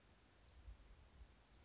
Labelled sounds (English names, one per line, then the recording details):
Chestnut-backed Chickadee
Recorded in Sonoma County, California